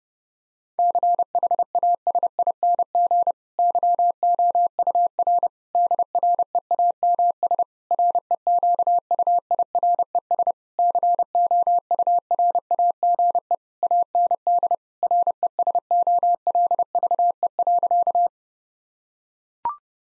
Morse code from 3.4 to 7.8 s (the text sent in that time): YOUR DREAMS